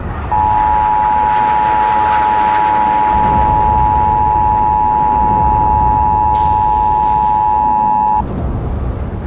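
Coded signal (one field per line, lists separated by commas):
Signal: Emergency Alert System (SAME) tones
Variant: 853 and 960 Hz attention tone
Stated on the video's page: EAS tones inside a Scratch game project themed on Half-Life, described as valid EAS tones.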